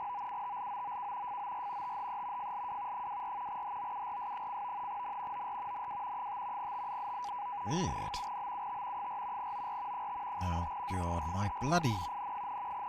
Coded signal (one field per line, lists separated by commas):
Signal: NAVTEX (SITOR-B)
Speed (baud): 100 baud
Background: speech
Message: OUTLOOK FOR THE FLW 24 HOURS: N OR NW 5 TO 7, BUT 4 OR 5 AT FIRST IN N,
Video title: Scanning the airwaves with the SDR